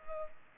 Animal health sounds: mosquito wingbeat signal from an infrared sensor; Culex pipiens

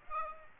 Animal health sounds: mosquito wingbeat signal from an infrared sensor; Aedes aegypti

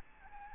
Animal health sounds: mosquito wingbeat signal from an infrared sensor; Aedes albopictus

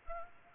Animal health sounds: mosquito wingbeat signal from an infrared sensor; Culex pipiens

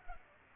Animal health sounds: mosquito wingbeat signal from an infrared sensor; Culex pipiens

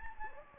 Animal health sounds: mosquito wingbeat signal from an infrared sensor; Anopheles gambiae

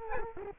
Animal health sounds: mosquito wingbeat signal from an infrared sensor; Culex quinquefasciatus

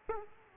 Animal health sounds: mosquito wingbeat signal from an infrared sensor; Aedes aegypti

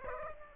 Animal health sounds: mosquito wingbeat signal from an infrared sensor; Aedes aegypti

